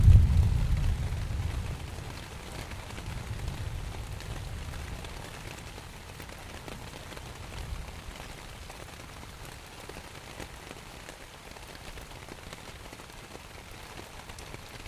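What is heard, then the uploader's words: Morning rain patters on a tent in a steady, fine, dense hiss of drops that stays even throughout. A deep low rumble swells at the start and again around three to four seconds, then fades, leaving the soft pattering on its own. Morning Rain in the Tent.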